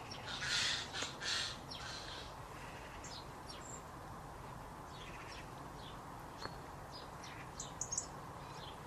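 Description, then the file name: Eurasian jay giving two harsh, rasping screeches in the first second and a half, followed by scattered thin high chirps over a steady background hiss. "Garrulus glandarius"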